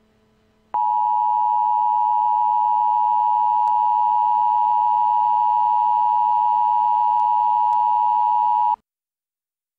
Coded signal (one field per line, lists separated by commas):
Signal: Emergency Alert System (SAME) tones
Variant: 853 and 960 Hz attention tone